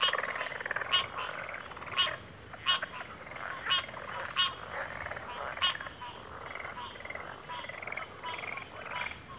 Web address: WLL Grade 1-12 Pre-Uni Library Natures Songs Sleep Sounds of Nature CRICKETS Backwater Chorus